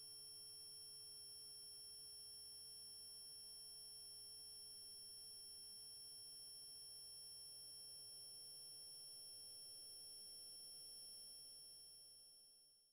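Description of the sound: Simulated steady high-pitched tones recreating a person's own tinnitus, several constant pure tones at high frequencies. Tinnitus simulation.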